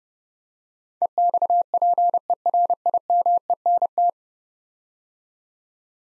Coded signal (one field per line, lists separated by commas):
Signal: Morse code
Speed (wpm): 30 wpm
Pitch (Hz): 700 Hz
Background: none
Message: EXPERIMENT